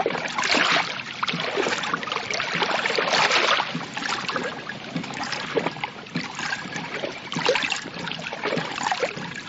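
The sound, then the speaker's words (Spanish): Water sloshes and swirls steadily in a shallow gold-panning batea as water is added and the pan is turned, a continuous bright splashing and churning with small gurgling surges, no voices over it. “Bueno, bueno, ahora sí, agáchese y suave, suave, vaya metiéndole agüita y va volteando la batea.”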